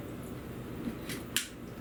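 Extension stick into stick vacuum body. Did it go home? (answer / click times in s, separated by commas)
yes / 1.4 s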